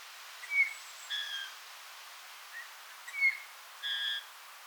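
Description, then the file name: Eurasian bullfinch calling, brief soft whistled notes alternating with fuller, slightly drawn-out piping calls, about five calls in under five seconds, over a quiet natural background. "Pyrrhula pyrrhula"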